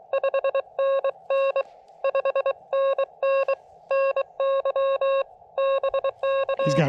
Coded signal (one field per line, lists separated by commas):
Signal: Morse code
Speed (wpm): 23 wpm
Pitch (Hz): 540 Hz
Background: none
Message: 5NN 5NN NY BK